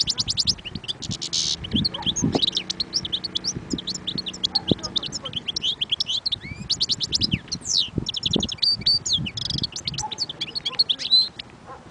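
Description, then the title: European goldfinch song, a long run of quick tinkling twitters and buzzy notes high in pitch, with low thumping and rustling noises underneath throughout. "اجمل غناءالحسون الخلويchant chardonneret sauvage"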